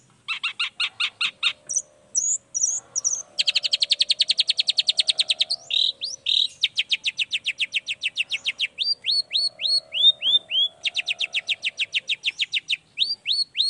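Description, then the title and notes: Long-tailed shrike song, a fast varied medley: rapid buzzy trills of stacked notes, sharp rising whistles and rattling bursts, tumbling on almost without pause. Long-tailed shrike in full song (gacor) in the morning, singing the 'toet toet' variation; said to prompt other shrikes to answer. "Cendet Gacor Dor Di Kala Pagi Toet Toet Variasi Suara. Cendet Gacor Pagi Hari Biangnya Bikin Cendet Manapun Langsung On Nyaut Buka Materi. Burung cendet"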